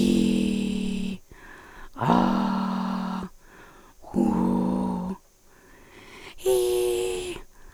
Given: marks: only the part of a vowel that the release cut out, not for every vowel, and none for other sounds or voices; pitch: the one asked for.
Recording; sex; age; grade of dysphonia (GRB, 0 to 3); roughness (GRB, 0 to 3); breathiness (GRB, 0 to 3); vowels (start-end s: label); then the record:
sustained vowels; female; 40 to 49 years; 3; 2; 3
0.00-0.72 s: vowel /i/, normal pitch
2.13-3.15 s: vowel /a/, normal pitch
4.21-5.07 s: vowel /u/, normal pitch
6.49-7.28 s: vowel /i/, high pitch
From the record:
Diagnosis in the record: recurrent laryngeal nerve paralysis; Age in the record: 45 years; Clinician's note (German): Inkomplett kompensiert